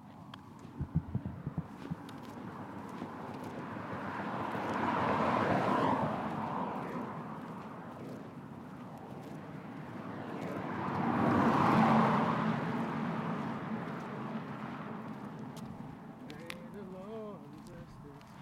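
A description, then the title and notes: Outdoors on a walk around the block, a steady low rumble of traffic fills the background. Two vehicles swell and fade past, one peaking around five seconds and another around twelve. A few sharp clicks come early, and a brief warbling sound appears near the end. So, I took a one mile walk around my block and enjoyed the sounds.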